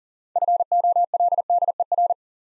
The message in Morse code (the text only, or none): FOLDER